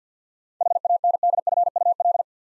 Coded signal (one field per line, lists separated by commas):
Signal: Morse code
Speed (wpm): 52 wpm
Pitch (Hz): 700 Hz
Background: none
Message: HANDFUL